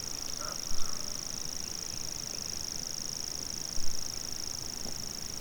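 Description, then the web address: Common grasshopper warbler reeling song, a steady unbroken high insect-like trill held throughout, with two brief low thuds beneath. Recorded 25 June 2020. "fagelljud 20200625 grashoppsangare"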